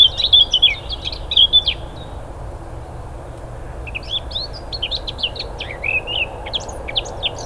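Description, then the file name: Eurasian blackcap singing in two bursts of quick, jumbled warbling notes separated by a pause of about two seconds, with faint low rumbling behind. "Sylvia atricapilla"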